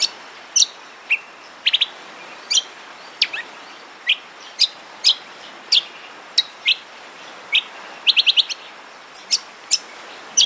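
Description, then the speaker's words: Brown Honeyeater contact calls: bright, high chirps and tsip notes repeated at irregular intervals, with one quick run of several notes, over a soft steady background hiss. Melodious contact call, recorded in Nightcliff, Darwin, Australia, on Larrakia country. "The brown honeyeater's contact call is a melodious tsetse sound."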